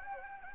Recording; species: mosquito wingbeat signal from an infrared sensor; Anopheles gambiae